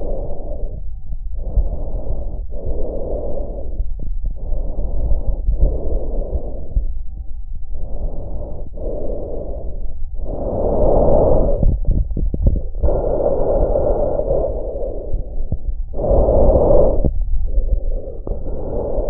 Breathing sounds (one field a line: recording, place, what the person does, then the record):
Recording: lung sounds by stethoscope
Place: trachea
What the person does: quiet breathing, then deep breathing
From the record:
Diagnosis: interstitial lung disease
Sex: female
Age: 65 years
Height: 156 cm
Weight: 66.8 kg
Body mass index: 27.4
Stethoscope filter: extended mode